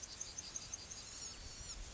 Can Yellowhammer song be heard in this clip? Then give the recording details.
yes. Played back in grassland. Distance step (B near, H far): F. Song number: 143